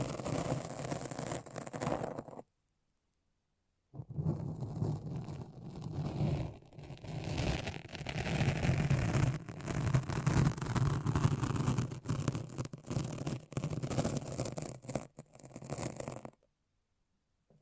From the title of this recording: The Foamiest and Stickiest Brain Massage